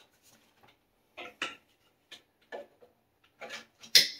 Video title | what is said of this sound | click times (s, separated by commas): PrettyCare W400 Vacuum Review | There we go. And while we're here, I just want to acknowledge, I hope you saw that, that this snapped into place. | 4.0 s